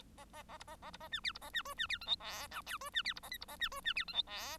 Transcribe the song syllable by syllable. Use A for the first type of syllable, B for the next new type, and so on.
A A A B A A B A C D B A C E C D F G H I J E C D B A K B A C E C D F G H